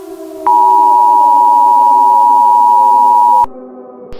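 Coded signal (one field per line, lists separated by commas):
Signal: Emergency Alert System (SAME) tones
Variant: 853 and 960 Hz attention tone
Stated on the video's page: Fictional analog-horror EAS scenario; the alert is made up.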